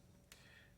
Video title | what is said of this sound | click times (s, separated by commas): Lesser Magistrate v1.0.0 Build Instructions (part 10) | might need to adhere kind of a soft little click there and it mostly just kind of holds in place | 0.3 s